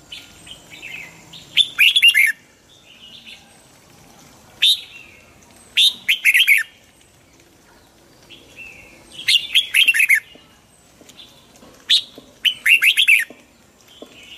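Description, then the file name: Red-whiskered bulbul singing short lively phrases of warbled notes every few seconds, with softer chirps in the pauses. Hue strain red-whiskered bulbul singing in the 'giọng kép' (double-voice) song style. "Tieng chao mao hue hot giong kep"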